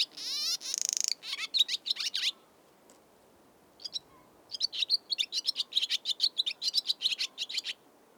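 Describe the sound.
Swallow twittering: a rapid buzzy trill and chatter, a pause, then a long run of quick chirping notes.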